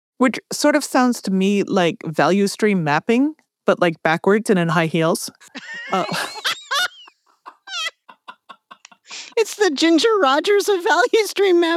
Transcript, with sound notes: Which sort of sounds to me like value stream mapping, but like backwards and in high heels.
(laughter) It's the Ginger Rogers of value stream mapping.